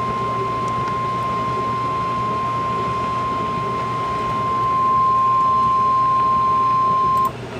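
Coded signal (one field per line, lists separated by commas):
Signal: Emergency Alert System (SAME) tones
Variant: 1050 Hz attention tone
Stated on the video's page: Real EAS severe thunderstorm warning.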